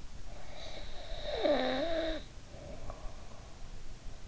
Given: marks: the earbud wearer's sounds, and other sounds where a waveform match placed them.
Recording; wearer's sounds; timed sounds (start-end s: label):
sounds in sleep by an in-ear microphone; snoring breath
0.18-4.28 s: snoring breath